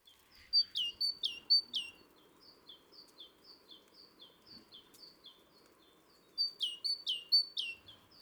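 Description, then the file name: Great tit calls, bright two-part chirps repeated rapidly in two loud bursts, with softer similar notes between, over faint background noise. "Parus major"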